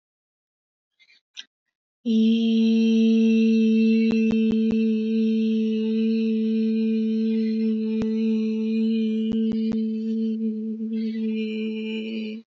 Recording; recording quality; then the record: sustained vowel as in beet; excellent, no background noise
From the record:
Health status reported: exposed to COVID-19, no respiratory illness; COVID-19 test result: negative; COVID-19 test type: RT-PCR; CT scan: not taken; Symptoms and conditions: none ticked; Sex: female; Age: 22 years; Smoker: no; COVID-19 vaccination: one dose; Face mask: not worn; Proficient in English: yes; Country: India